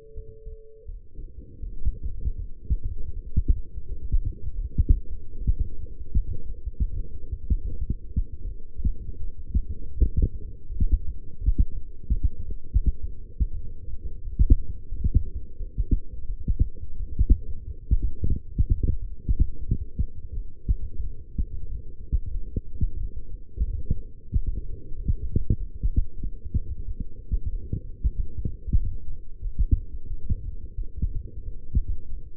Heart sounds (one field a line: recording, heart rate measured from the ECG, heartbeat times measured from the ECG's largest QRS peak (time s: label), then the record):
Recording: heart sounds by stethoscope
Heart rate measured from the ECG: 86 bpm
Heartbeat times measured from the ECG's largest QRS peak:
0.13 s: heartbeat
0.85 s: heartbeat
1.59 s: heartbeat
2.36 s: heartbeat
3.13 s: heartbeat
3.86 s: heartbeat
4.54 s: heartbeat
5.38 s: heartbeat
6.14 s: heartbeat
6.94 s: heartbeat
7.68 s: heartbeat
8.42 s: heartbeat
9.18 s: heartbeat
9.94 s: heartbeat
10.67 s: heartbeat
11.38 s: heartbeat
12.11 s: heartbeat
12.84 s: heartbeat
13.54 s: heartbeat
14.22 s: heartbeat
14.89 s: heartbeat
15.57 s: heartbeat
16.26 s: heartbeat
16.97 s: heartbeat
17.65 s: heartbeat
18.24 s: heartbeat
19.00 s: heartbeat
19.66 s: heartbeat
20.34 s: heartbeat
21.01 s: heartbeat
21.67 s: heartbeat
22.32 s: heartbeat
22.98 s: heartbeat
23.65 s: heartbeat
24.31 s: heartbeat
24.95 s: heartbeat
25.58 s: heartbeat
26.21 s: heartbeat
26.86 s: heartbeat
27.51 s: heartbeat
28.14 s: heartbeat
28.78 s: heartbeat
29.42 s: heartbeat
30.08 s: heartbeat
30.76 s: heartbeat
31.43 s: heartbeat
32.09 s: heartbeat
From the record:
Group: healthy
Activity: light exercise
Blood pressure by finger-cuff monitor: 128/70 mmHg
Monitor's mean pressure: 86 mmHg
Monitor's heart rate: 88 bpm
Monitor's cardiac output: 8.1 L/min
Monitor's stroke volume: 93 mL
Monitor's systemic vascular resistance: 770 dyn s/cm5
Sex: female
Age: 22 years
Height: 171 cm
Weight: 65.6 kg